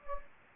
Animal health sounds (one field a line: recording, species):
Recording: mosquito wingbeat signal from an infrared sensor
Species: Anopheles gambiae